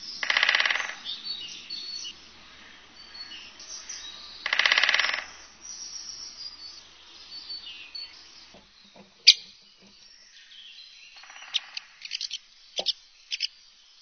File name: pic epeiche